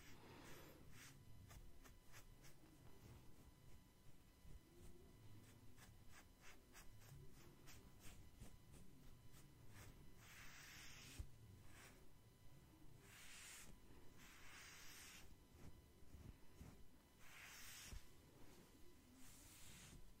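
Soft scalp and face massage with hair brushing: quick, regular brushing strokes crowd the first ten seconds, then give way to longer, bright sweeps every couple of seconds. A low, rumbling rub runs underneath throughout, with a few faint taps.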